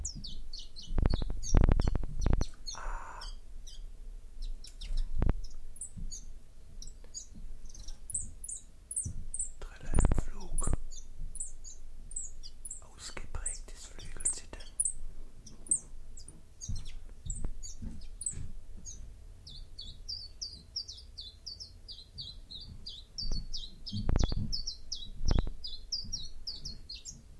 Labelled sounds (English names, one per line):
Common Chiffchaff song